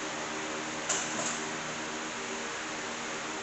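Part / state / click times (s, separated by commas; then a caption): bolt into engine head threaded hole / stripped / none. A steel bolt is torqued toward a 106 inch-pound spec into a threaded hole in the aluminium head of an LS1 engine, against a steady mechanical hum. A sudden metallic snap at 0.9 s is followed by a fainter one near 1.2 s. The hole's thread strips out again, so the bolt never reaches torque.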